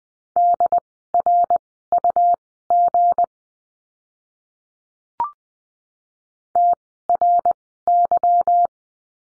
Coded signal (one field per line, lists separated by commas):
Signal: Morse code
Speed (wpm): 20 wpm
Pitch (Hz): 700 Hz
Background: none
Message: DRUG TRY